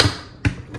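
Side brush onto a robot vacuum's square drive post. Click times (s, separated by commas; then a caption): 0.4 s. A plastic side brush is pushed onto the square drive post under a BPMIO B10 Plus robot mop and self-emptying vacuum. After a soft rustle at the start, it pops into place with a sharp click at 0.5 seconds, followed by a fainter tap near 0.8 seconds. The brush is seated.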